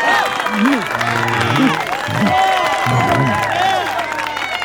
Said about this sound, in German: Natürlich meine ich damit Asterix und Obelix. Applaus für unsere Helden!